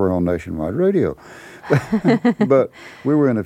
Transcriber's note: soundbite of laughter